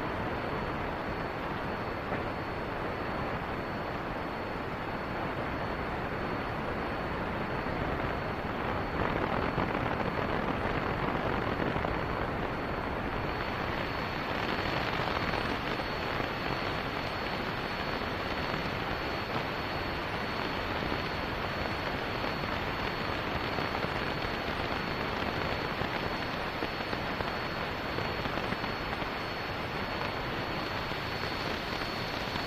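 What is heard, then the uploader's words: Steady, dense radio interference hisses and crackles evenly throughout, with a thin constant high whine running underneath and a slight swell midway. This episode of the White Noise Podcast is RADIO INTERFERENCE.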